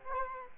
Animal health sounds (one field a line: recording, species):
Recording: mosquito wingbeat signal from an infrared sensor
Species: Culex quinquefasciatus